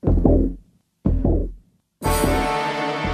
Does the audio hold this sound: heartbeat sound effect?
yes